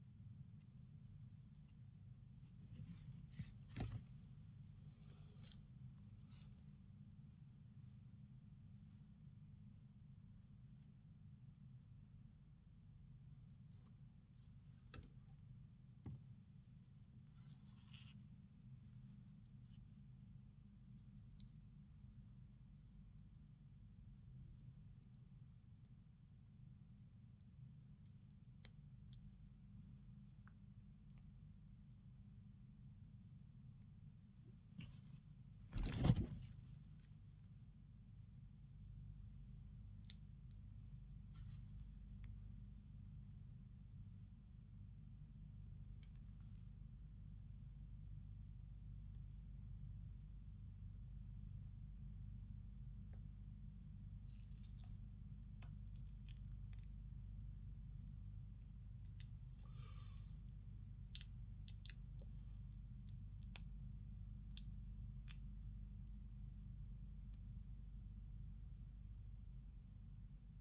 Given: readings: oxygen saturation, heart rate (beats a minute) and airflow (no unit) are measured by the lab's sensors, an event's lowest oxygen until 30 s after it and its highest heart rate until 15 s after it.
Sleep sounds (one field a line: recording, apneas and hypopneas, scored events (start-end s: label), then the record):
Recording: a person awake in a sleep study, by a smartphone at the bedside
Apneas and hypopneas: none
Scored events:
0.00-70.61 s: awake
From the record:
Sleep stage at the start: awake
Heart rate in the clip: 60 to 124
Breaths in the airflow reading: 25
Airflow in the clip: -0.8 to 0.7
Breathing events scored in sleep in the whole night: 270 in 6.1 hours asleep